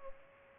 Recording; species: mosquito wingbeat signal from an infrared sensor; Culex pipiens